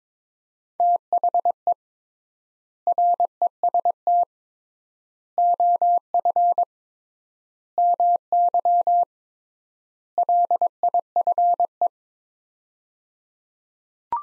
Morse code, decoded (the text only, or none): THE REST OF MY LIFE